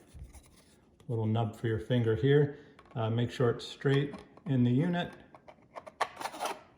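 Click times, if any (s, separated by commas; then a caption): 6.0 s. Someone talks while a plastic battery compartment cover, with a small finger nub, is lined up straight on a handheld barometric pressure compensating maple syrup temperature probe unit and slid back on. Faint sliding sounds come near 5.3–5.5 s, followed by a sharp latch click at 6.0 s as the cover seats shut.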